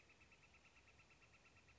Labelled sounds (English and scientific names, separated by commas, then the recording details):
Northern Flicker (Colaptes auratus)
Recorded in Sonoma County, California